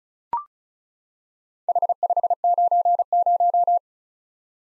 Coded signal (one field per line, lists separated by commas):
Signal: Morse code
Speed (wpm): 36 wpm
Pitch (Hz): 700 Hz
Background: none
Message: H590